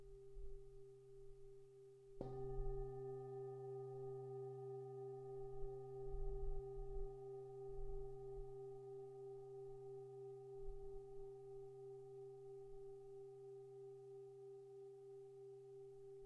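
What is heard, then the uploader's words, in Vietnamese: A Tibetan singing bowl hums on a steady tone, then is struck just after two seconds, adding a fresh ring with several pure overtones. The sound sustains and slowly fades over the rest of the clip, with a soft low rumble that pulses underneath. Đây là âm thanh từ chuông xoay Tây Tạng, được mình thu trực tiếp từ một phần của các buổi học về SoundHealing, Sound bath do mình giảng dạy.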